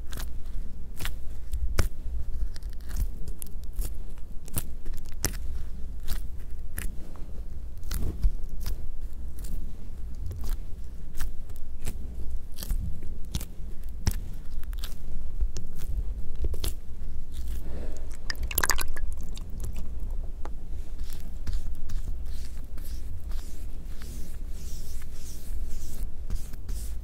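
ASMR liquid sounds: a dense, constant stream of small crackling clicks and pops, irregular but never stopping, over a steady low rumble. Around the eighteen-second mark a longer, brighter fizzing burst stands out before the crackle settles back to its earlier pace.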